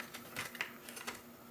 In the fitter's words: you should hear and snap a little bit like that so